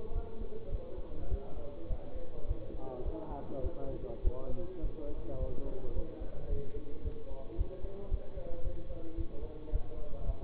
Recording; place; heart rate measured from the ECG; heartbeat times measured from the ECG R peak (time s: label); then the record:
heart sounds by stethoscope; between the tricuspid and mitral areas; 107 bpm
0.12 s: heartbeat
0.69 s: heartbeat
1.29 s: heartbeat
1.87 s: heartbeat
2.46 s: heartbeat
3.03 s: heartbeat
3.61 s: heartbeat
4.22 s: heartbeat
4.80 s: heartbeat
5.38 s: heartbeat
5.93 s: heartbeat
6.48 s: heartbeat
7.02 s: heartbeat
7.56 s: heartbeat
8.09 s: heartbeat
8.62 s: heartbeat
9.15 s: heartbeat
9.70 s: heartbeat
10.24 s: heartbeat
From the record:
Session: bicycle stress test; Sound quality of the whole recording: good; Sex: male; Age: 24 years